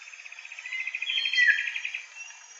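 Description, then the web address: Common paradise kingfisher call: a fast, even run of rapid pulsed notes that swells in loudness midway, with a sharp downslurred note, over a faint insect hiss. Recorded in Indonesia. "ULM-DS-Lab indonesian-bird-sounds. Tanysiptera galatea"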